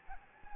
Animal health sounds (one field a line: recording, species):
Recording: mosquito wingbeat signal from an infrared sensor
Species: Anopheles gambiae